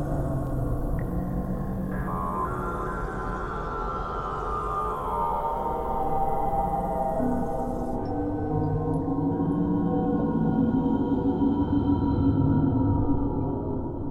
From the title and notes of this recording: Lots of small events throughout to keep it interesting and terrifying.